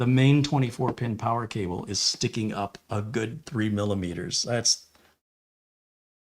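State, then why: Not seated. Someone talks about the main 24-pin ATX power cable sticking up about 3 mm above the motherboard header while the connector is pushed in. A faint short sound comes near 5.0 s as the speech ends, but the 24-pin power connector has not latched and no click has been heard yet.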